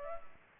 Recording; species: mosquito wingbeat signal from an infrared sensor; Culex pipiens